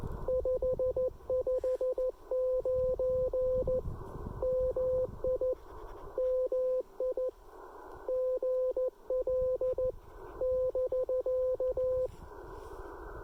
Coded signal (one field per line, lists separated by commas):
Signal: Morse code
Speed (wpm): 14 wpm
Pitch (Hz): 510 Hz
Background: radio noise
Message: 559 MI MI GL <BK>